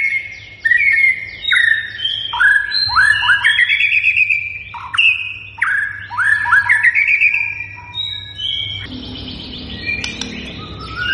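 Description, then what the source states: White-rumped shama singing a continuous run of fluty whistles and upslurred notes, phrases changing every second or so, ending in scratchier, busier notes; faint low hum beneath. Lure recording meant to prompt shamas to respond and sing; bird described as gacor, singing actively and persistently.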